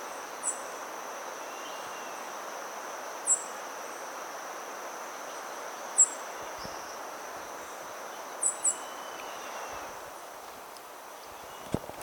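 Green Honeycreeper giving very high, thin, sharp call notes at irregular intervals, a few seconds apart with one quick pair, over a steady high insect whine and broad background hiss.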